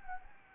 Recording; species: mosquito wingbeat signal from an infrared sensor; Anopheles gambiae